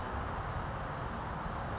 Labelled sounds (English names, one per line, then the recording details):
California Towhee
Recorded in Sonoma County, California